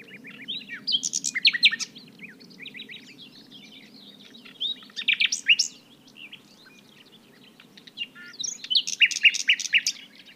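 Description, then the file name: Common nightingale singing varied phrases, each a burst of quick repeated clicks and whistled notes lasting one to two seconds, three strong phrases with softer notes between, over low steady background noise. "Luscinia megarhynchos"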